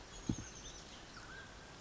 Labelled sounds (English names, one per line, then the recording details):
Mountain Quail
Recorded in Sonoma County, California